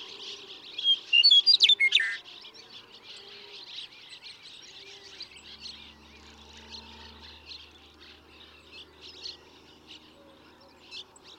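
Western meadowlark singing a single loud, bubbling, descending phrase near the start, then a steady background of twittering birds and a faint low hum.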